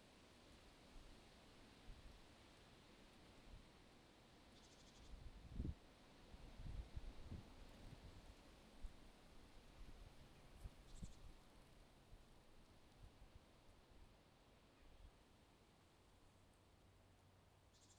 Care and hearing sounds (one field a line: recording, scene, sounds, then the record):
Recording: everyday scene through a hearing-aid microphone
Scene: wind on the microphone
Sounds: wind, traffic, birds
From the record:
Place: suburban garden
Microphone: in the ear canal, left